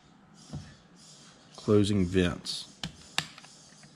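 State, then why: Seated. The top vent slider on the plastic shell of a Torc T1 motorcycle helmet is pushed closed while someone talks. Sharp clicks at 2.8 s and 3.2 s mark it latching into its detent. It seats with a firm click that can be felt while riding.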